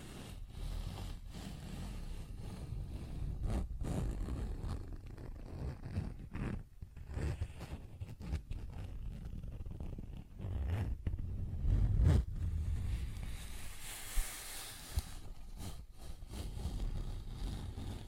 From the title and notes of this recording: ASMR Tapping, Scratching & Zipper Sounds (No Talking).